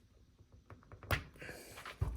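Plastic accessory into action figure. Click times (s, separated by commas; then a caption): 1.1 s. A plastic accessory is pressed onto a GI Joe Classified Crimson Alley Viper action figure, with a few light plastic taps from 0.7 to 1.0 s. It pops firmly into place with a sharp click at 1.1 s and does not feel like it will break. A duller low thump follows near the end.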